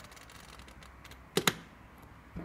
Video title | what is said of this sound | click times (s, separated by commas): Setting Oven Clocks/Turning off Auto | and that's clicking it back into manual mode so | 1.4 s, 1.5 s